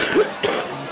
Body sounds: coughing mixed with background sound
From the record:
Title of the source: 31 night wet cough

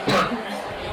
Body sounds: coughing mixed with background sound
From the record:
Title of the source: Barking cough - # 10

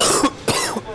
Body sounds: coughing mixed with background sound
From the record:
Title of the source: Coughing 79

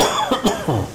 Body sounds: coughing mixed with background sound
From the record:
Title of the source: Spring Allergy Coughing

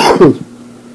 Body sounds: coughing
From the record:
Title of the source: Coughing 77

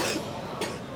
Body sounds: coughing mixed with background sound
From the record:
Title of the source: 61 morning phlegmy cough...again

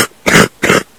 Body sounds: coughing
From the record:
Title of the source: 30 Chesty and wet cough

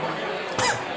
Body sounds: coughing mixed with background sound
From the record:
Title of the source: Mid-morning Winter Coughing Fit

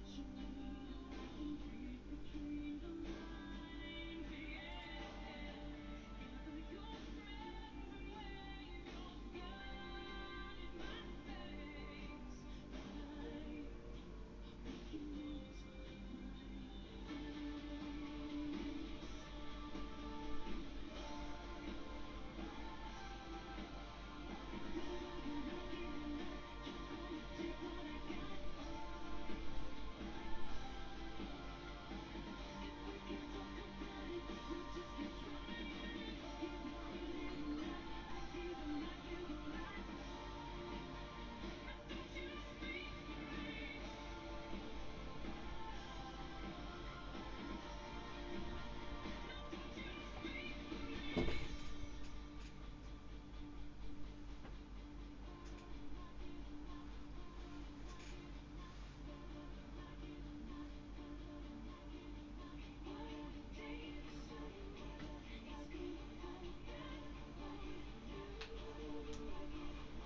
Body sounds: background sound without coughing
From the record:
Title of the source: BackgroundMusic4

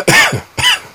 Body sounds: coughing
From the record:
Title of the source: Dry Afternoon Cough

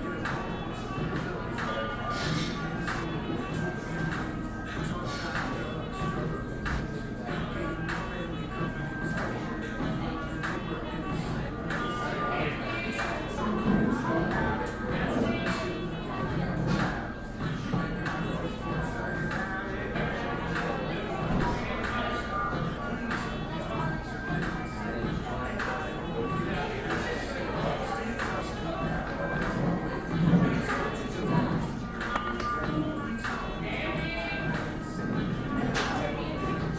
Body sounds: background sound without coughing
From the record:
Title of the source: 60 minutes of coffee shop sounds for study and concentration

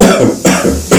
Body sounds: coughing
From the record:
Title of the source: Residual Phlegmy Morning Coughing and Gagging

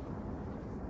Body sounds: background sound without coughing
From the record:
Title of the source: Train Ride Ambience ambient white noise for sleeping, focus, studying, reading

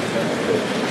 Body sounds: background sound without coughing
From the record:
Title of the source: Office Sounds Ambience - Background Noise for Study and Work

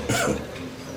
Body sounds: coughing mixed with background sound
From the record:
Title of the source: Spring Cold Coughing.

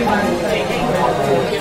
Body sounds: background sound without coughing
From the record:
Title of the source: Nightlife Party Simulating Party Club Noise 1 Hour

